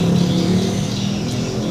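A mechanic handles and lines up the CDI/ignition coil wiring connector on a Supra 125 motorcycle, after cleaning its corroded contacts, ready to plug it back into its socket. A steady low hum and broadband background noise continue throughout with no sudden sounds. The connector has not yet seated or clicked.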